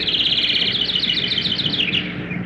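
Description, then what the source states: House wren song: a fast, bubbling cascade of chattering notes lasting about two seconds. Song described as bubbling.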